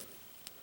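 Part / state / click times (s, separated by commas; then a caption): plastic hand piece onto a toy figure's arm / seated / 0.5 s. A second gloved plastic hand is pressed onto a toy figure's arm and snaps on with a single sharp click at 0.5 s. The click stands out against a quiet background, and the hand is seated in place.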